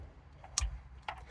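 The other end of an in-line start-stop (30-minute max idle shutdown) eliminator module's harness connector is plugged into the plastic radio harness plug of a 2022–2024 Ford Expedition. A sharp click at 0.6 s shows it has seated fully, bottomed out and making a good connection. A faint tick comes just before it, and another crisp click follows at about 1.1 s.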